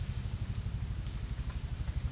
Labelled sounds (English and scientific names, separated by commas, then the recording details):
none
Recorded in dense forest near Puerto Asís, Putumayo, Colombia, on 27 June 2025 at 14:00
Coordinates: 0.468, -76.322
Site GP03